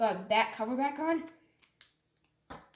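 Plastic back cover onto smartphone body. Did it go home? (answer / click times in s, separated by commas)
yes / 1.8 s, 2.2 s, 2.7 s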